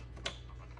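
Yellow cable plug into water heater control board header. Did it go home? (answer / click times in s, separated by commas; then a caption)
yes / 0.3 s. The yellow cable's plastic connector is pushed onto the header of a tankless water heater control board. A single sharp click at 0.3 seconds, over a steady low hum, shows the plug has seated in position.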